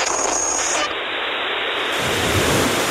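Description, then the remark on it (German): Ocean surf rushes in a continuous, loud, hissing wash with no voices, its texture shifting slightly partway through and swelling with a deeper rumble toward the end. “Mit Hitradio Ohr Meeresrauschen ab in die Sommerverlängerung nach Pietra Ligure an der italienischen Riviera.”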